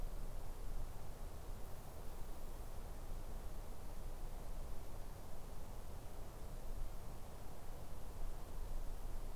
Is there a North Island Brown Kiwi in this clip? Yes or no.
no